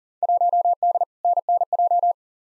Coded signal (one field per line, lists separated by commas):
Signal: Morse code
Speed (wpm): 40 wpm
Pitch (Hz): 700 Hz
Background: none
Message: 1D NNJ